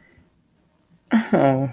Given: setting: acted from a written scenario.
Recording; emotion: vocal sound without words; shame